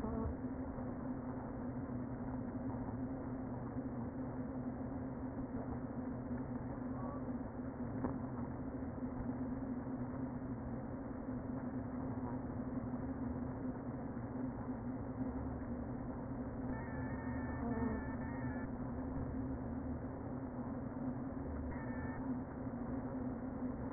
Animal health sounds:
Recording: honeybee colony, microphone inside the hive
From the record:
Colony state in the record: queen present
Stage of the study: before two queens were removed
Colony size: about 60,000 bees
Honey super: yes

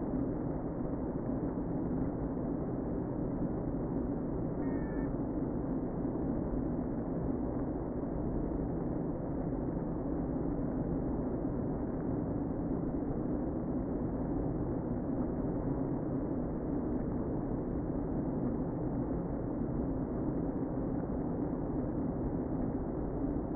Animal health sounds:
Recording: honeybee colony, microphone inside the hive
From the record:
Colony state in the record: queen present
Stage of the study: before two queens were removed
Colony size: about 60,000 bees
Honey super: yes

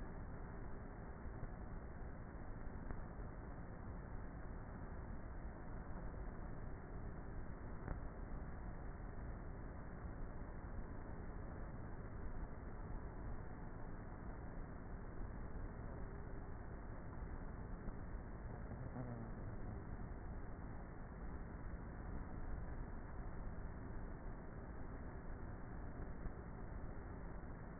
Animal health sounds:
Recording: honeybee colony, microphone inside the hive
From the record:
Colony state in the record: queenless with a low population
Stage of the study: before two queens were removed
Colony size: about 30,000 bees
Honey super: no

